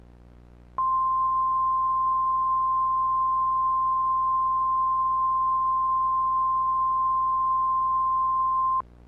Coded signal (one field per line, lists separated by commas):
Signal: Emergency Alert System (SAME) tones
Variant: 1050 Hz attention tone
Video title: EAS Scenario #13: "The Event"